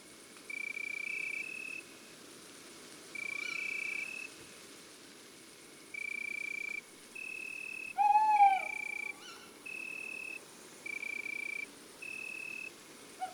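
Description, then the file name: Tawny owl hooting: a single loud, wavering hoot past the middle, with a few short fainter notes. Steady high-pitched tones come in bursts throughout. Male; woods and forests. "Chouette hulotte male Chants doiseaux des bois et des forets"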